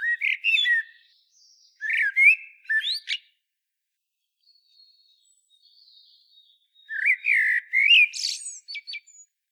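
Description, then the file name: Common blackbird singing mellow, fluty warbled phrases that break into shrill high twittering flourishes, with a quiet gap of faint high notes between them. "Turdus merula"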